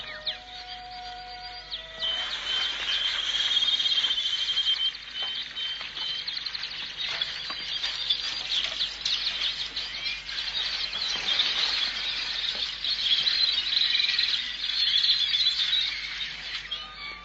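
A dense flurry of birds flapping their wings, with shrill, high-pitched squeals and chirps over steady fluttering that stays fairly loud throughout, after a brief tonal sound at the start.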